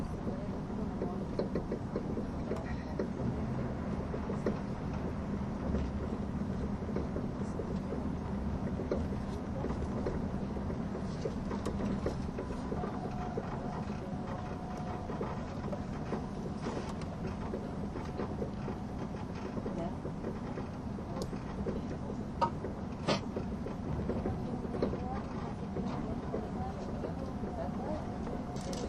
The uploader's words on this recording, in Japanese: SBB線 EC311レ02 Arth-Goldau～Bellinzona。スイスでは主力の車体傾斜車両であるETR610形EC、高速性能と曲線通過性能の両者の本領を発揮できるゴッタルドトベーシトンネルルートの列車を収録したものです。